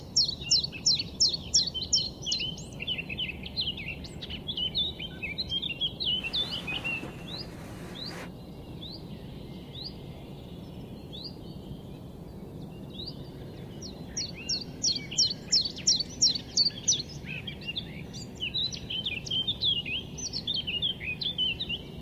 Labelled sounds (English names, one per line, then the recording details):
Common Chiffchaff
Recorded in the wild
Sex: male
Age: adult
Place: Schönow, Naturpark Barnim, Brandenburg, DE
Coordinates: 52.6786, 13.5106
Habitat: wetland
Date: 2010-04-18
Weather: fair, 10°C, no wind
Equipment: Sound Devices 702, Sennheiser MKH 70, Rycote Windschutz
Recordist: Frommolt, Karl-Heinz